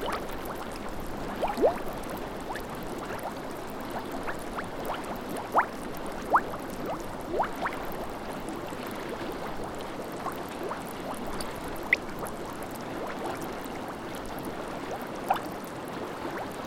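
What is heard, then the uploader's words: Gas bubbles continuously up through a salty pond, making a dense, steady fizzing and gurgling with many small pops packed close together. Brighter plops stand out every second or two, louder ones near 2, 6, 12 and 15 seconds, over a constant low watery churn. Ethiopia - Danakil Depression - Gaet'ale Pond Boiling. Gaet'ale Pond is the saltiest body of water on Earth. Bubbles of odorless but toxic gas are continuously emitted from the lake surface, but also from holes in the ground next to it. Recorded with Sony PCM D100.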